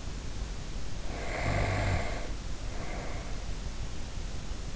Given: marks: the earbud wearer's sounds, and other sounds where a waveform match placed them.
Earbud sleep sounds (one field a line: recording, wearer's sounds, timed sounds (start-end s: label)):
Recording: sounds in sleep by an in-ear microphone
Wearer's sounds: snoring breath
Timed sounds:
0.96-3.51 s: snoring breath